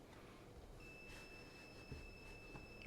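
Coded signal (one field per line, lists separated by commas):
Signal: Commodore tape loading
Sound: steady high pitched lead tone begins and holds to the end over faint hiss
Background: room hiss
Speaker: So, the original Hypers Sports I think might have had a Nova load.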